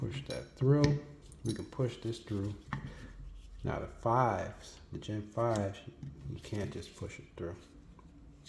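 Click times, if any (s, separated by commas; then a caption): none. A pin is handled at a Gen 5 polymer pistol frame, where it can't simply be pushed through and is meant to click and lock in once inside. Someone talks throughout, with faint light metallic handling sounds between the words. Nothing has seated or clicked yet.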